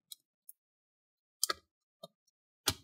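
A pry tool works along the side of the plastic bottom cover of an ASUS ROG GL503VD FY108T laptop, after a gap has opened between the cover and the palm rest. Light plastic ticks sound at 0.1, 0.5 and 2.0 seconds, with louder sharp snaps at 1.4 and 2.7 seconds. These are the side clips popping open and releasing the bottom cover from the palm rest.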